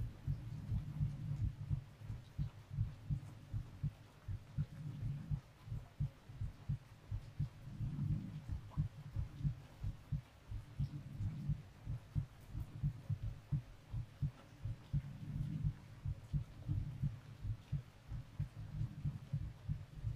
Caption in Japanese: 君の心臓の鼓動が。 触れ合ってる体を伝って、まるで共鳴 してるみたいだよ。